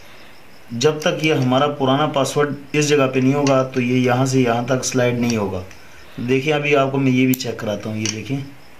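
Someone talks while handling the metal locking bar of a 5-digit combination car steering wheel anti-theft lock, getting ready to push it into the lock body to check it. Faint light handling sounds sit under the talking. Nothing has seated or clicked yet.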